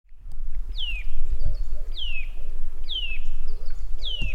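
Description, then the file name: Eurasian nuthatch repeating ringing, falling whistled notes about once a second, with faint higher chips between them and a constant low rumble underneath. "Sitta europaea"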